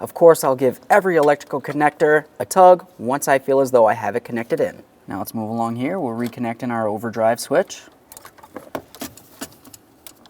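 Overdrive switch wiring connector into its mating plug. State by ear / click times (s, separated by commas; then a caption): not seated / none. Someone talks while reconnecting the plastic electrical connector for the overdrive switch wiring into its mating plug on a 2001-2005 Ford Explorer Sport Trac during steering column plunger shaft replacement. After the talking, a few faint handling taps follow around 8.2, 8.6, 8.8 and 10.1 seconds. The connector has not seated or clicked yet.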